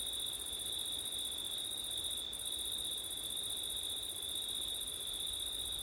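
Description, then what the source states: Crickets trilling without pause in two high, level tones, joined by gentle background wind noise. Crickets on a windy September night.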